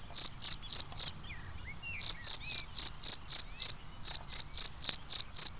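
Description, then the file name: Cricket chirps, rapid high pulses repeated roughly four times a second with short gaps. "Le chant du grillon"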